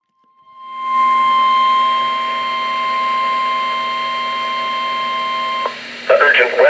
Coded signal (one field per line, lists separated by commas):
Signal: Emergency Alert System (SAME) tones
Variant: 1050 Hz attention tone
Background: speech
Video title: EAS #27 - SVR for Erie, Lorain